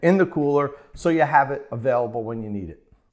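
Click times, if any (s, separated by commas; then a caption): none. A man talks about the bottle opener that snaps into its holder on a CNCT hard trunk cooler for the Tesla Model 3 and Y, while the opener is being handled. Only his talking is heard; the opener has not seated or clicked into the cooler yet.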